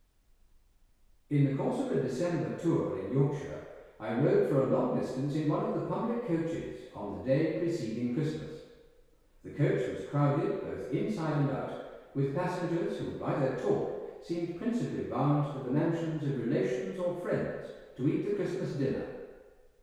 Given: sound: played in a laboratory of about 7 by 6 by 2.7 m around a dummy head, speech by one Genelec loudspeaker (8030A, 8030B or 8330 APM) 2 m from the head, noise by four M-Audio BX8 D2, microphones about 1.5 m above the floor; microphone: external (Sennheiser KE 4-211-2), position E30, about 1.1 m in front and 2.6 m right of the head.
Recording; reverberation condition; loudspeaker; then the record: male speech in English; high; 90 degrees to the right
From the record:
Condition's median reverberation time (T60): about 1300 ms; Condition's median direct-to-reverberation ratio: about -4.0 dB